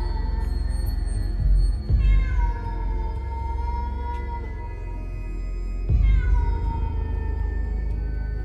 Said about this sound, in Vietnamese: Đâu đây tiếng con mèo vẫn cứ nhảy nhót quanh nhà kêu lên thê thiết.